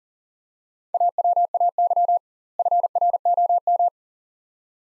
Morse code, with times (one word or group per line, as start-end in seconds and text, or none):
0.9-2.2 AWAY
2.6-3.9 FROM